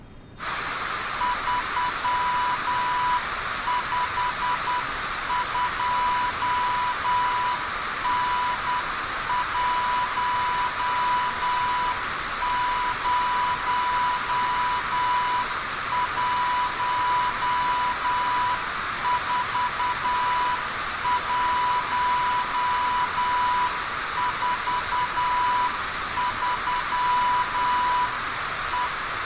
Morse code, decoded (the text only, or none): 352N1014143E